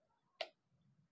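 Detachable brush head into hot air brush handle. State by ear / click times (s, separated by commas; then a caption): seated / 0.4 s. A detachable straightening brush head for an Urban Yog 3-in-1 hot air brush is pushed down onto the plastic handle and twisted until it locks. A single sharp tick at 0.4 s marks it seating in place, with only faint low rustling before and after. The head ends up locked onto the handle.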